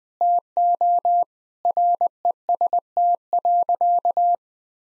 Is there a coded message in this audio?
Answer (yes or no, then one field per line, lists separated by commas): yes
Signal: Morse code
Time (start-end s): 0.2-4.3 s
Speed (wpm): 20 wpm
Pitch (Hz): 700 Hz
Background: none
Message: TO REST.